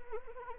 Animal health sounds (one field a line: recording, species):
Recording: mosquito wingbeat signal from an infrared sensor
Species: Anopheles arabiensis